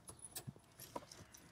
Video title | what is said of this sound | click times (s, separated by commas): Ep. 10 Curbside: How to Forward Facing Convertible Seat - Evenflo Tribute | ok so we can go ahead and click it's good on one side | 1.0 s